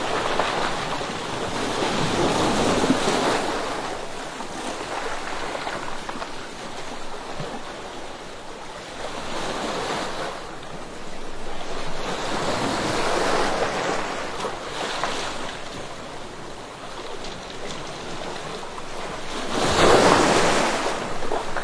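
Turbulent waves beat against rocks in a dense, continuous roar. Surges swell every few seconds, strongest near the start, around 10 to 13 seconds and again near 20 seconds, each trailing into a fizzing wash. A low rumble of wind runs underneath throughout.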